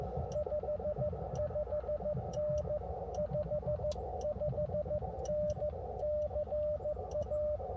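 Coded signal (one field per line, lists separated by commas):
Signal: Morse code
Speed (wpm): 14 wpm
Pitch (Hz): 600 Hz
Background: radio noise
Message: 55N 55NCA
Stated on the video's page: Park activation from inside a car at a state park.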